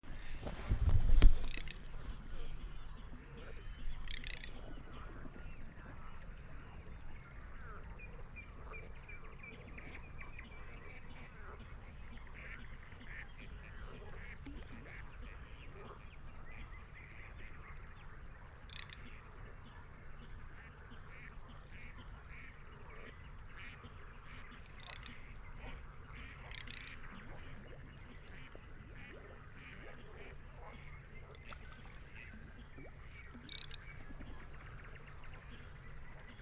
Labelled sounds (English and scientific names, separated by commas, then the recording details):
Garganey (Spatula querquedula) call
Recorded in the wild
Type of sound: call
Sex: male
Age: adult
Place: Kützerhof, Kummerower See, Mecklenburg-Vorpommern, DE
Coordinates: 53.8503, 12.8817
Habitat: wetland
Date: 2008-05-13 23:39
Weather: fair, 10°C, weak winds
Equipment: Sound Devices 702, Sennheiser MKH 70, Windkorb
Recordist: Frommolt, Karl-Heinz
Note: Wiedervernässungsfläche Polder Große Rosin, Straße zwischen Aalbude und Kützerhof: Rufe eines Knäkerpels